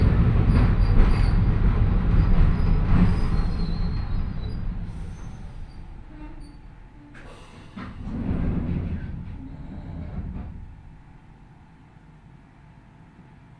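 A train with old nose-suspended traction motors growls as it runs, a heavy, dense low rumble that is loudest in the first few seconds and then gradually fades. A second swell of rumbling and clatter rises around eight seconds, then tapers off to a quiet hum by the end.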